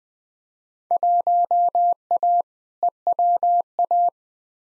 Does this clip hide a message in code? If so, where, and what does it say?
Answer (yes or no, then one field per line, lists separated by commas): yes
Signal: Morse code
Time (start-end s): 0.9-4.1 s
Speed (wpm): 21 wpm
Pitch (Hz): 700 Hz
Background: none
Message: 1A EWA